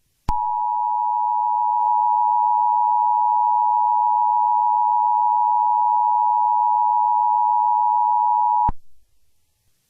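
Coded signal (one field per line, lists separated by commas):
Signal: Emergency Alert System (SAME) tones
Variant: 853 and 960 Hz attention tone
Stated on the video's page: Fictional EAS scenario remake, a simulated cyberterror alert.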